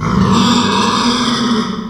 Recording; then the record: squeal of a Yucatan mini pig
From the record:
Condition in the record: after surgery on the right vocal fold (resection and tissue-engineered implant); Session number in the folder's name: 16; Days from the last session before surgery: 183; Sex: female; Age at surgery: 19 weeks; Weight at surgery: 25 kg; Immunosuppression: prednisolone